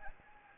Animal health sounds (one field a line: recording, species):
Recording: mosquito wingbeat signal from an infrared sensor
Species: Anopheles gambiae